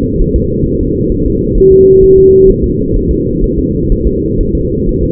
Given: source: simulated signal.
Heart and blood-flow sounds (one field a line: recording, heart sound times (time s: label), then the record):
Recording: fetal heart sounds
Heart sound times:
0.22 s: S1
0.36 s: S2
0.66 s: S1
0.81 s: S2
1.12 s: S1
1.26 s: S2
1.58 s: S1
1.72 s: S2
2.03 s: S1
2.18 s: S2
2.50 s: S1
2.64 s: S2
2.97 s: S1
3.11 s: S2
3.44 s: S1
3.59 s: S2
3.92 s: S1
4.07 s: S2
4.41 s: S1
4.55 s: S2
4.89 s: S1
5.03 s: S2
From the record:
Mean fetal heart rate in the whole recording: 130 bpm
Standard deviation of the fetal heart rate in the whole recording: 4 bpm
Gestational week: 38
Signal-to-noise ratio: -10.2 dB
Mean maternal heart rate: 72 bpm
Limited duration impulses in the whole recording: present